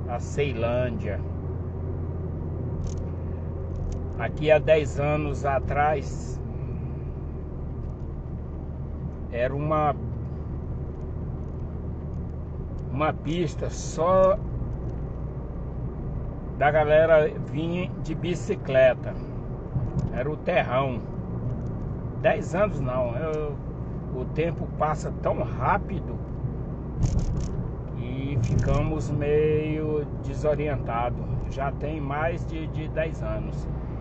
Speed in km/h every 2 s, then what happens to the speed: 67, 64, 59, 58, 59, 60, 63, 68, 70, 70, 69, 68, 67, 67, 66, 65, 62.
0-5 slows to 58. 5-11 steady at about 59. 11-16 speeds up to 70. 16-27 steady at about 68.